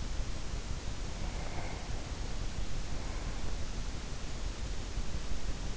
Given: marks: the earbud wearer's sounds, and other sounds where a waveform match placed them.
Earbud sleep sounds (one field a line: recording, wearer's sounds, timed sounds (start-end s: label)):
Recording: sounds in sleep by an in-ear microphone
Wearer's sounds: breath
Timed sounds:
1.07-3.89 s: breath